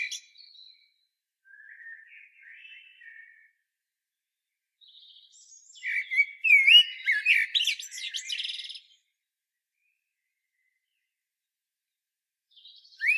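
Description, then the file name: Common blackbird, soft subdued warbling at first, then a louder fluted phrase breaking into high scratchy twittering, a final phrase starting at the end. "Turdus merula"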